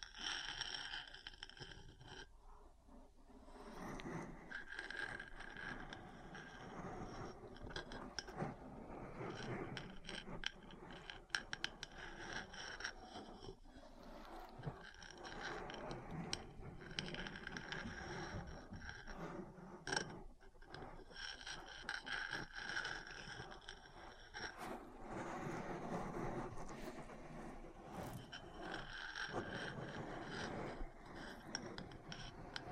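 Metal parts tap and scratch against each other in a continuous, busy stream for the whole clip, with frequent sharp clicks and knocks scattered throughout. Scraping textures rise and fall, with brighter, denser stretches around 9–13 seconds and 25–30 seconds.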